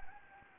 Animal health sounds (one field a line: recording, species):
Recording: mosquito wingbeat signal from an infrared sensor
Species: Anopheles gambiae